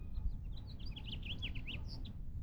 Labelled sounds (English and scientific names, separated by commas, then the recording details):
House Finch (Haemorhous mexicanus) song
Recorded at Valley Stream on Long Island, New York, on 17 June 1975
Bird AB